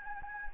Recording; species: mosquito wingbeat signal from an infrared sensor; Anopheles gambiae